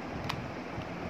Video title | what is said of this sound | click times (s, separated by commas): Veet sensitive touch electric trimmer for women ..is it good for lockdown period? Worth your money? | कर दिए तो फिर lock हो गया। | 0.3 s